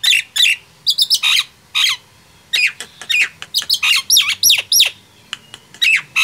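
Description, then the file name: Nias hill myna calling with loud, varied squawks and looping whistles, irregular and fast. "suara jalak nias"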